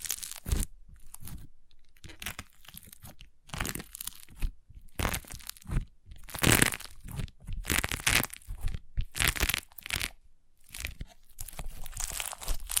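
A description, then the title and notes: Crunchy slime being squeezed, a rapid, irregular run of crackling, crinkly bursts with brief quiet gaps, loudest around six to ten seconds. ASMR Satisfying Crunchy Slime (No Talking).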